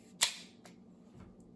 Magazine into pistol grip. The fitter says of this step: Observe the magazine fully seat and lock in place.